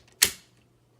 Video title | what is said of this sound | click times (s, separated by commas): The Daily Review 058: Transformers Power of the Primes Optimus Prime Transformation | And you'll hear it click. | 0.2 s